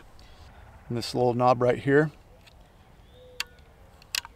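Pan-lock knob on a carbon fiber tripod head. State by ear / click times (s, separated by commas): seated / 3.4 s, 4.1 s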